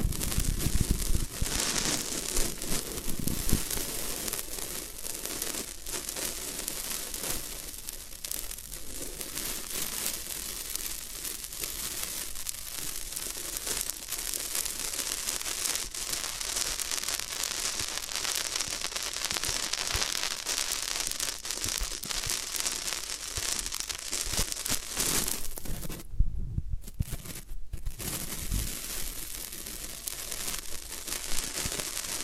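Floral foam crunches and crackles almost continuously in a dense, bright crinkling texture, with a brief near-silent break around 26 seconds.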